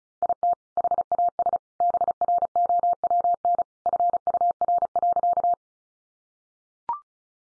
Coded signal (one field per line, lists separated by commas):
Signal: Morse code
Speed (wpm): 34 wpm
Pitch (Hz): 700 Hz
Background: none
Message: IT HAS BROWN FUR.